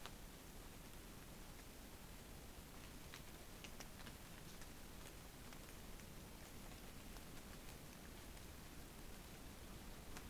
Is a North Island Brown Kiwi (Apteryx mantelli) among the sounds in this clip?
no